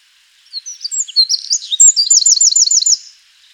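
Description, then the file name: Eurasian wren song: a loud, rapid burst of high, varied twittering notes running into a fast rattling trill, lasting about two and a half seconds, with a quiet background. "Troglodytes troglodytes"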